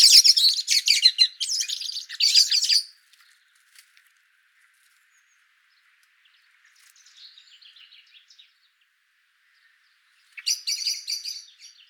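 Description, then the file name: Common blackbird with a burst of harsh chattering calls, then a long near-silent pause with faint scratchy notes, and another chattering burst at the end. "Turdus merula"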